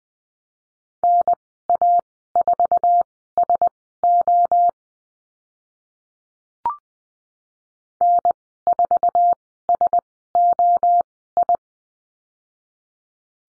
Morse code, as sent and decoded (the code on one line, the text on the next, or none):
-. .- ....- ... --- / -. ....- ... --- ..
NA4SO N4SOI